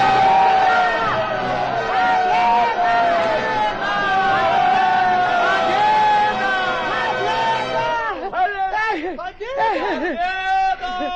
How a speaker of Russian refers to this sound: Когда он уже совсем отчаялся, раздались громкие крики.